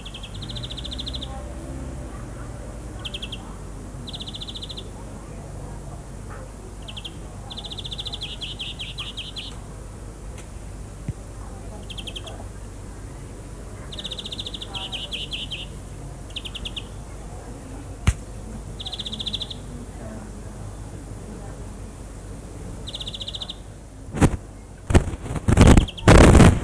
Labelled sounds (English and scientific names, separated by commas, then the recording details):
European Greenfinch (Chloris chloris) song
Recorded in the wild
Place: Lübars, Berlin, DE
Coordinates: 52.6167, 13.35
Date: 2004-06-27 20:55
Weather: overcast, 22°C
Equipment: Sony WM-D6C, Sennheiser ME 80, Kopie Uher 4000 Report Monitor
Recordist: Tembrock, Günter